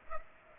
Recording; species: mosquito wingbeat signal from an infrared sensor; Culex pipiens